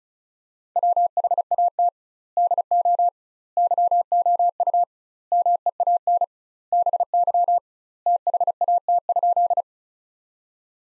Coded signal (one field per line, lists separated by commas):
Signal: Morse code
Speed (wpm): 34 wpm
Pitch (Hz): 700 Hz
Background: none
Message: WHAT DO YOU MEAN BY THAT?